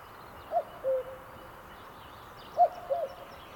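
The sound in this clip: Cuckoo giving two cu-coo calls, each a higher note sliding to a lower one, with faint bird chatter in the background.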